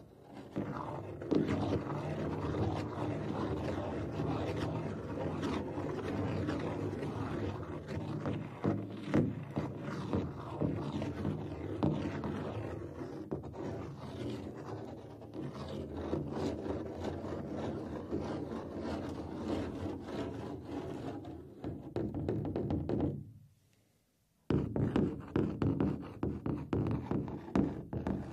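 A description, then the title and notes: Scratching, rubbing and brushing on a drum make a dense, rasping wash with a heavy low rumble and a gritty upper edge. The texture stays fairly steady with small surges, thins out near 22 seconds, stops for about a second, then resumes. TimASMR-Scratching, Rubbing, and Brushing on a Drum (NO TALKING).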